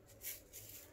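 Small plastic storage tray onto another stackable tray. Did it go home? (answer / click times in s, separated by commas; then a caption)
no / none. A small plastic diamond-painting storage tray is handled as it is stacked onto another stackable tray made to lock in place so the two don't come apart. There are soft rustles of plastic, with a brief swell of brighter scraping around 0.3 s over a low steady hum. The tray has not seated or locked yet.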